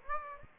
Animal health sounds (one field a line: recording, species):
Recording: mosquito wingbeat signal from an infrared sensor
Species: Aedes aegypti